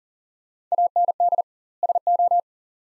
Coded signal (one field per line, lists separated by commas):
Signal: Morse code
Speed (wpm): 40 wpm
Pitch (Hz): 700 Hz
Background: none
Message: AND SO